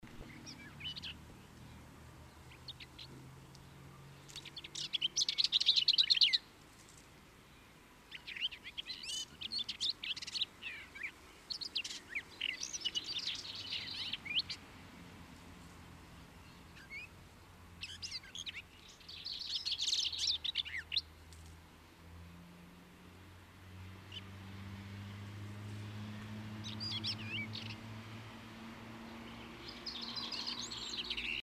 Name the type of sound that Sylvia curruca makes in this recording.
song